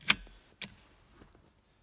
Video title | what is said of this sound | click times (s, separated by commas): Seatbelt Safety Commercial | to push until you hear click | 0.1 s